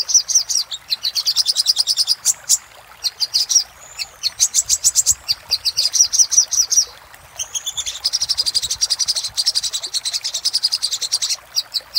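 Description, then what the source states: Little spiderhunter pouring out extended, very fast series of shrill high notes, pausing briefly between runs. Master recording used for training cage birds.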